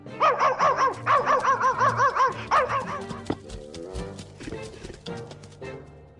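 A big dog barks loudly in a quick, steady run of deep barks for a couple of seconds, then the sound drops to softer, rougher grumbling and a few scattered yips.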